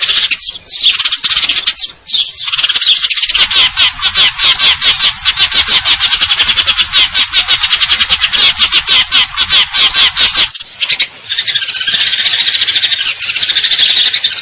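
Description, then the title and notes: Eurasian tree sparrow producing a long, rapid, high trill that runs for several seconds, pauses, then resumes as a steady chirping. Fighting-type song with long trills and clear voice, used as a masteran tutor recording for contest birds. "GEREJA TARUNG NEMBAK PANJANG SUARA JERNIH MASTERAN WAJIB BURUNG LOMBA. Burung Gereja"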